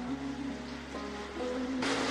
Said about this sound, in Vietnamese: Mưa rồi anh em, mình xin lỗi anh em tí nhá. Trời nó mưa nên là hơi ồn tí, đang thu dọ rồi.